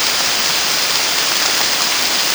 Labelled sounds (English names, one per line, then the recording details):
none
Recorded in secondary vegetation near Puerto Asís, Putumayo, Colombia, on 29 June 2025 at 13:00
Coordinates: 0.485, -76.322
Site GP06